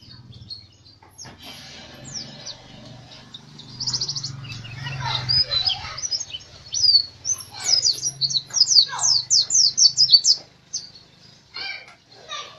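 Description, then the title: White-eye song: after a quiet, noisy start, bursts of high rapid chirps and twittering notes build up, with a low hum underneath for much. Balinese songbird, a national champion, singing continuously in a loud rolling style. "pleci Bali Ngerol Gacor Teler Juara Nasional"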